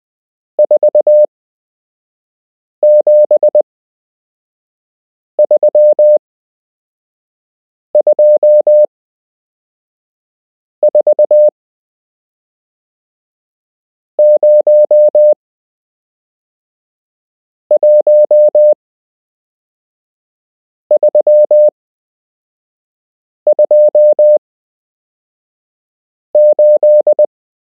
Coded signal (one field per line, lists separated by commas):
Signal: Morse code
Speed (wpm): 20 wpm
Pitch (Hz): 600 Hz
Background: none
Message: 47324 01328